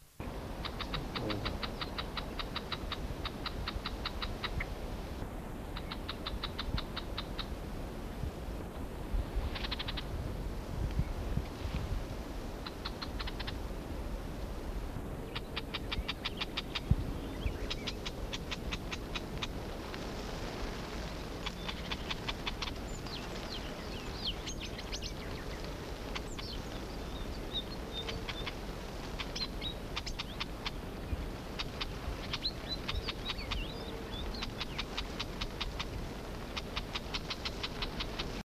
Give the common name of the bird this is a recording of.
Red-backed Shrike